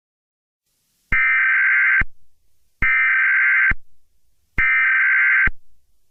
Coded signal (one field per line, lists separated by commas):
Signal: Emergency Alert System (SAME) tones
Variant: header bursts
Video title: EAS SCENARIO BACKWARDS TIME